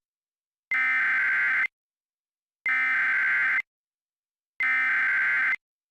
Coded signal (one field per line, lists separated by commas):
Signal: Emergency Alert System (SAME) tones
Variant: header bursts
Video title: EAS Scenario #1 Kluna Tik